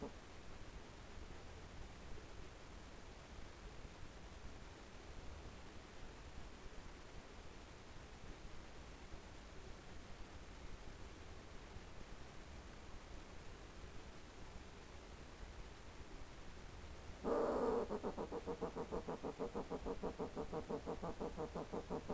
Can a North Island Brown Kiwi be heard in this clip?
no